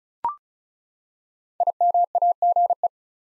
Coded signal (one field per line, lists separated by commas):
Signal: Morse code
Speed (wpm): 34 wpm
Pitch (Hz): 700 Hz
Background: none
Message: IMAGE